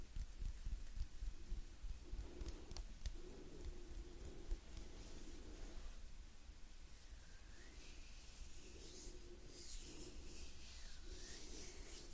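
Gentle hand sounds: steady soft rubbing and brushing movements run through all twelve seconds, with a dense, even texture. A low hum sits underneath, and short soft tones rise and fall in repeated swells, with brighter rising sweeps near the middle and end.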